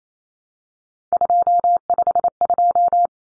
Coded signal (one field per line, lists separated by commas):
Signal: Morse code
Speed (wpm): 28 wpm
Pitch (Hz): 700 Hz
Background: none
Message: 252